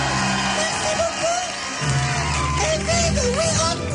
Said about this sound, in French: Personnellement, j'ai pas trop compris pourquoi ça s'appelait le sketch du raton laveur, mais bon, on l'applaudit. Merci.